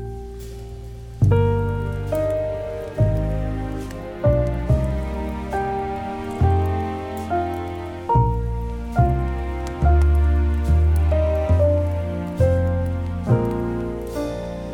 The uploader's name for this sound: Cozy Winter Music with Fireplace - Jazz